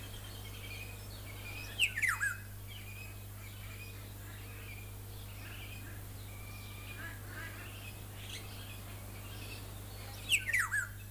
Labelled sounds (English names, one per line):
Black-naped Oriole